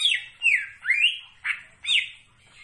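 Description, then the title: Greater green leafbird song: five loud sweeping notes, rising and falling in quick succession. Described as gacor, singing actively. "Cucak Ijo Gacor"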